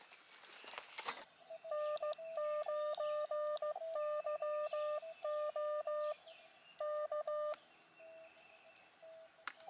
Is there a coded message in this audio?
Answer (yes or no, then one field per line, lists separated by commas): yes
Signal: Morse code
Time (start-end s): 1.7-7.5 s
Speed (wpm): 18 wpm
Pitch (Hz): 600 Hz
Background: none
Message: N9YO K